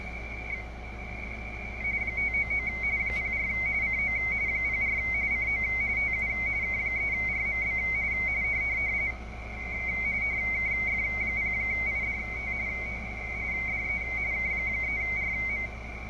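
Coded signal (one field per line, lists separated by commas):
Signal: RTTY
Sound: steady warbling two-tone chatter, rapidly flipping between two close high pitches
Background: radio static, low hum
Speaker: so you can see like more of it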